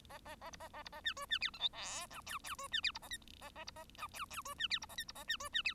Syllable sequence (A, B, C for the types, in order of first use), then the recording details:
A A A B A A B A C D C E F G H I J J D C E B A K A A B A I J J D C E B A K B A C D C E. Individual Bird1